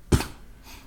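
One brief, soft, low-pitched cough from an adult man, close to a throat clear, in a quiet room. It is a small cough of the kind he has to give regularly, from time to time.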